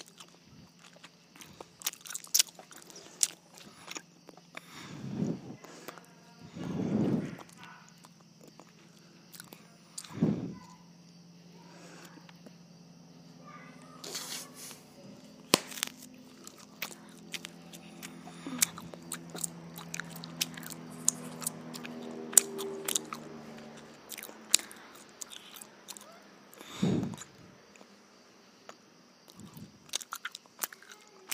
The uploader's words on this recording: ASMR More Gum Chewing!